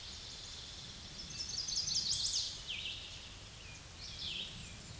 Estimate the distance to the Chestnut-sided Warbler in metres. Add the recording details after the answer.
about 20 m. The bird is about level with the microphone. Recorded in a Pennsylvania forest on 16 May 2024 at 07:23. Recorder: AudioMoth, point MSD-2429. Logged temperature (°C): 16.7 °C. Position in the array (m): 81 m, 71 m